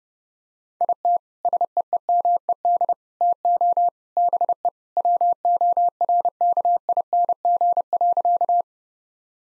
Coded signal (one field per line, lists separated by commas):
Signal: Morse code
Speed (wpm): 30 wpm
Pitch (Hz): 700 Hz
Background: none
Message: IT SEEMED TO BE WORKING.